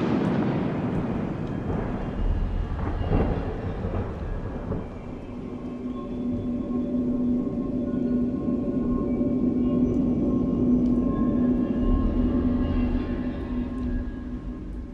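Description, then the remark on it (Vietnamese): Heavy rain pours down steadily outside, growing heavier, mixed with a deep, rolling rumble that is strongest at the start before settling into a constant low drone. No one speaks. “Bên ngoài trời mưa mỗi lúc một to.”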